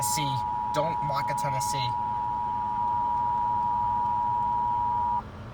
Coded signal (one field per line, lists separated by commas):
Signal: Emergency Alert System (SAME) tones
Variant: 853 and 960 Hz attention tone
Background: speech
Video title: CAE on WTIC FM December 4 2019 EAS 463